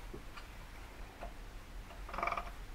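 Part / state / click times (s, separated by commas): steel clutch drum onto the clutch pack in an automatic transmission / not seated / none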